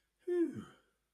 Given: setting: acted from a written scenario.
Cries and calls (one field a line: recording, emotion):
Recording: vocal sound without words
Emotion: relief